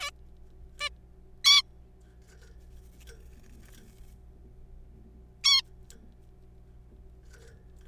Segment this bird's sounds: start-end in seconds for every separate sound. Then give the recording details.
0.01-0.10, 0.81-0.89, 1.45-1.62, 5.44-5.61. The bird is a juvenile. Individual R3428